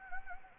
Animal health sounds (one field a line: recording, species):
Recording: mosquito wingbeat signal from an infrared sensor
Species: Anopheles gambiae